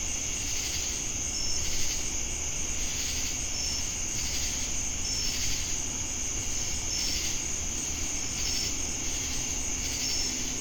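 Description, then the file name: High unbroken cricket trill with short chirps repeated every second or two, rolling buzzy insect pulses, and low-frequency background noise throughout. Recorded with cicadas in Jamestown, North Carolina, on 10 August 2018. "Crickets And Sacadas Jamestown NC August-10-2018"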